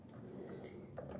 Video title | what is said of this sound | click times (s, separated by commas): Tive que abrir meu Inalador para fazer uma limpeza geral no motor#inalador #limpezanomotor. | Aqui, só que aqui ele tem que dar uma estaladinha. Dá um estalo, né? Eu não ouvi o estalo, gente. | none